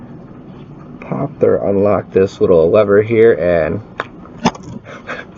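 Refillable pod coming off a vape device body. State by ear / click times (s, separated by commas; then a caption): released / 4.0 s, 4.5 s. Someone talks while flipping a small lever on a Lost Vape Orion Quest vape device to unlock its refillable plastic pod. Sharp clicks follow at 4.0 and 4.5 seconds, and the pod pops off the device body, released.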